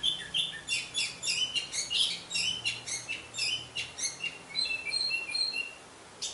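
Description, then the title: Orange-headed thrush song, a rapid, continuous stream of bright, high notes and trills pulsing in quick succession. "Anis Merah"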